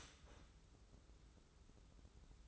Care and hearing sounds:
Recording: daily activity, microphone in the room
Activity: start toaster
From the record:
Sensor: 3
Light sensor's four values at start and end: 187/448/189/189 and 187/448/189/189

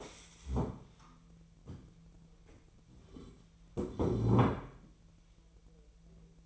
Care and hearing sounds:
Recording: daily activity, microphone in the room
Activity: stand up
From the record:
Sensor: 1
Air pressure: 1002.0 hPa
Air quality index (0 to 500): 243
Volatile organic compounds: 107 ppm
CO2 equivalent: 3800 ppm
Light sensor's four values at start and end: 10/24/10/11 and 10/24/10/11

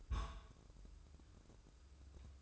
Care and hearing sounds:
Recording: daily activity, microphone in the room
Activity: place on stove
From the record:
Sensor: 2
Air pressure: 995.3 hPa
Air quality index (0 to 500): 81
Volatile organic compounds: 3 ppm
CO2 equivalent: 1449 ppm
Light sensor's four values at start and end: 23/74/29/28 and 23/74/29/28

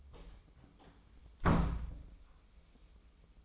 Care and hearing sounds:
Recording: daily activity, microphone in the room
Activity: close door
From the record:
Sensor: 1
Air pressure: 1005.0 hPa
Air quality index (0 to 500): 83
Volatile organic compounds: 2 ppm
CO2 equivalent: 1124 ppm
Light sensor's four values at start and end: 9/23/9/10 and 9/23/9/10

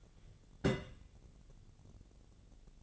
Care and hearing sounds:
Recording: daily activity, microphone in the room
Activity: place on stove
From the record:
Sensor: 4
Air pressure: 1000.8 hPa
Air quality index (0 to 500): 126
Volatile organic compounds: 1 ppm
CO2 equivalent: 948 ppm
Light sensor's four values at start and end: 36/88/37/40 and 37/90/38/41

